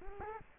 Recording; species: mosquito wingbeat signal from an infrared sensor; Culex quinquefasciatus